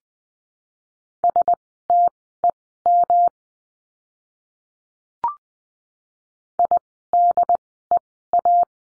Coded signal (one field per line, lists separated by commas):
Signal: Morse code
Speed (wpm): 20 wpm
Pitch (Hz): 700 Hz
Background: none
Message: STEM IDEA